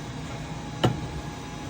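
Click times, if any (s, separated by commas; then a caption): 0.8 s. A screen printing frame sits on the pin registration of a 4UP servo master frame for Saati 8012 HD, and its extra frame lock is pressed down. Over a steady low hiss, a single sharp hit sounds at 0.8 s as the lock clamps down and the frame is seated.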